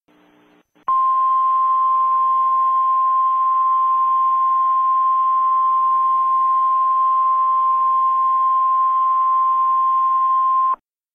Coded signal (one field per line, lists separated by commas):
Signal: Emergency Alert System (SAME) tones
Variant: 1050 Hz attention tone